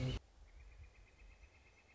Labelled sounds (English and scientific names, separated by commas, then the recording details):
Northern Flicker (Colaptes auratus)
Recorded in Sonoma County, California